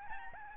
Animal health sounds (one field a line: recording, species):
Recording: mosquito wingbeat signal from an infrared sensor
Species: Aedes albopictus